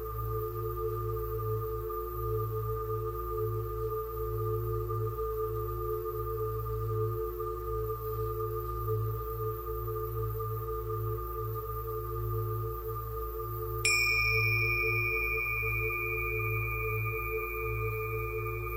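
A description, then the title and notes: Steady, sustained tuning fork tones hum without a break, layered over a low droning hum that wavers slightly. Near the fourteen-second mark a new clear, ringing tone is struck and holds bright and even to the end, making the sound a little louder. Angel Tuning Fork - Frequency (528Hz & 963Hz) & Perfect Frequency (432Hz).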